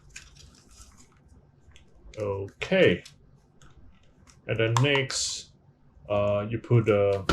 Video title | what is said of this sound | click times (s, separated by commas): Dyson V10 V11 Motor issue Complete Disassemble deep clean simple | just slightly put it back until you hear the two click sign on both sides | 0.2 s, 1.8 s